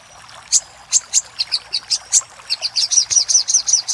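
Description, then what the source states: Little spiderhunter song: scattered high chips at first, then a quick, even run of sharp notes. Master recording used for training cage birds.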